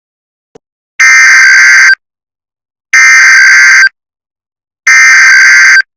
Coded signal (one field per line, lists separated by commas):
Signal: Emergency Alert System (SAME) tones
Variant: header bursts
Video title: The Los Angeles Storm EAS scenario